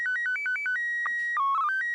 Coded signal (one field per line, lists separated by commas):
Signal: SSTV (slow-scan television)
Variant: PD 120